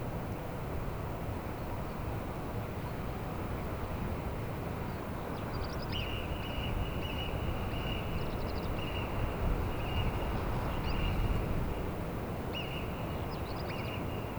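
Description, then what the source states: Alpine marmot: quiet opening, then from midway a run of short, high alarm whistles about once a second, continuing to the end over heavy low rumbling noise. Several Alpine marmots whistling, alarmed by the recordists' presence; Plateau d'Aiguallut near Carretera de La Besurta, Benasque, Huesca, Spain; Sennheiser MKH8040 ORTF pair with Sound Devices MixPre6.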